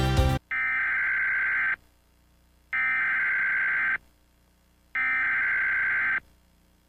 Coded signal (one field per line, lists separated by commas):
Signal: Emergency Alert System (SAME) tones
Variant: header bursts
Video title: EAS blind test - Can you guess which country does each alarm belongs to ?